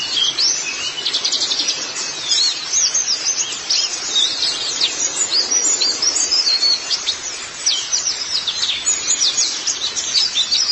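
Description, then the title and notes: White-eye twittering: a continuous wash of high, thin, quick chirps, many overlapping, over a steady background hiss. "Kicauan Burung Pleci Durasi Panjang. Suara kicauan burung pleci"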